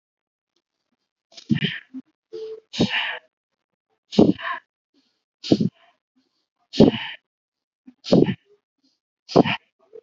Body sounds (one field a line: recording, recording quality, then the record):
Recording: deep breathing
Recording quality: excellent, no background noise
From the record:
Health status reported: COVID-19 positive, no symptoms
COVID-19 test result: positive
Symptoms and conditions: none ticked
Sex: male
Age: 44 years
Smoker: not ticked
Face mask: worn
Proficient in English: no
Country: India